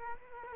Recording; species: mosquito wingbeat signal from an infrared sensor; Culex quinquefasciatus